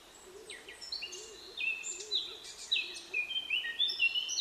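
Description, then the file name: Eurasian blackcap song: a rapid, scratchy warble of varied high notes, growing louder toward the end, over a soft lower repeated warbling in the background. "Sylvia atricapilla"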